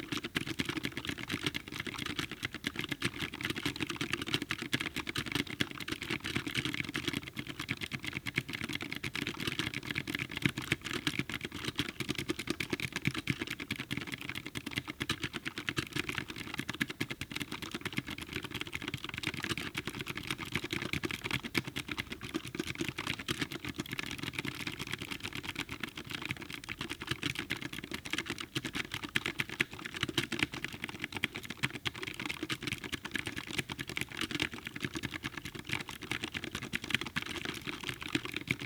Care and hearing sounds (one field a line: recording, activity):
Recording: daily activity, guitar pickup as the sensor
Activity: type